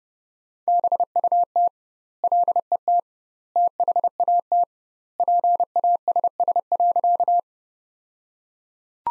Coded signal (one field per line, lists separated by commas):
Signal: Morse code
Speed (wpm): 30 wpm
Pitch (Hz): 700 Hz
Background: none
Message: BUT LET THAT PASS.